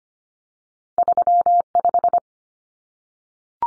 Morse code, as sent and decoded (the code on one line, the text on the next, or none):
...-- .....
35